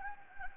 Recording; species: mosquito wingbeat signal from an infrared sensor; Anopheles gambiae